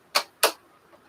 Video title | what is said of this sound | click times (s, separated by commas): OurTimeToQuilt LiveStream! The Turkey is picked clean - Let's get back to the Snowglobe Snowmen!!! | Yep, there it clicked. | 0.2 s, 0.4 s